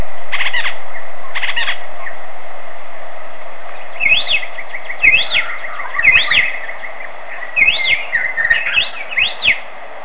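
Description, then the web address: Elepaio song: a series of clear, arched whistled notes that rise and fall, repeated roughly every second in the second half, over a steady low hum; two scratchy bursts come early on. Hawaii. "hi ecosystem elepaio"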